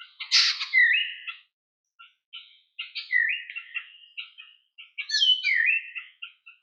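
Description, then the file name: Mayotte drongo calls: a loud harsh burst, then a series of short chirps and slurred, downward-swooping whistles in irregular phrases, with brief pauses between. "drongo de mayotte"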